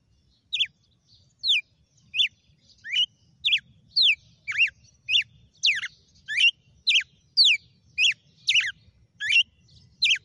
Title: Canto Galo Campina Fêmea 06. GALO DE CAMPINA FENRIR - HJ FOI AÇOITE VIU??